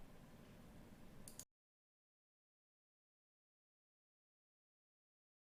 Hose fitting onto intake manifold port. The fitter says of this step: and it just pushes on and snaps into place.